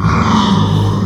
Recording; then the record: squeal of a Yucatan mini pig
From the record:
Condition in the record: after surgery on the right vocal fold (resection and tissue-engineered implant); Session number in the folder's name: 16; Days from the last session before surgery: 183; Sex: female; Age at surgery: 19 weeks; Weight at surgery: 25 kg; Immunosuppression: prednisolone